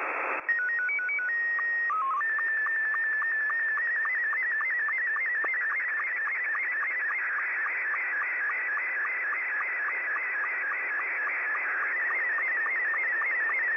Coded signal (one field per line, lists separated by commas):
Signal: SSTV (slow-scan television)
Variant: Scottie 2